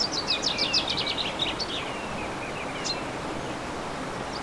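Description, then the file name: Songbird phrase of fast, high repeated notes, then a few isolated chirps, over a steady rushing noise bed. Recorded on 15 March 2014 using an MZ-N710 recorder. "MZ-N 710 Chants d oiseaux 15 03 14"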